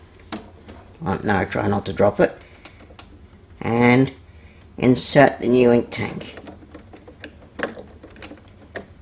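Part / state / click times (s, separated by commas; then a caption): ink tank into inkjet printer print-head carriage / seated / 8.8 s. A new plastic Canon ink tank is inserted into an inkjet printer's print-head carriage and pushed down while someone talks, with scattered small plastic taps and knocks. A sharp click at 8.8 s marks the tank latching and seating in place.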